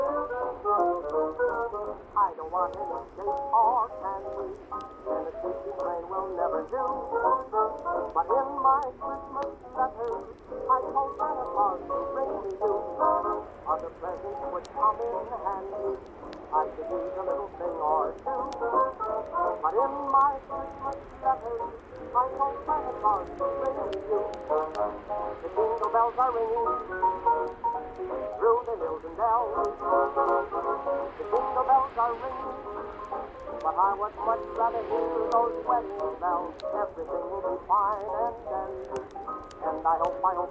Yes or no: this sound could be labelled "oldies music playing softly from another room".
yes